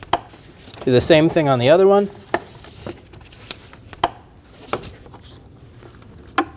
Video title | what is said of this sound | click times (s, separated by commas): How to Replace MAP Sensor 2012-2022 Volkswagen Passat 2.5L L5 | Push until you hear a click. | 0.1 s